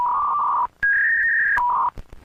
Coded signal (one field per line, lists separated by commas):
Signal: fax machine handshake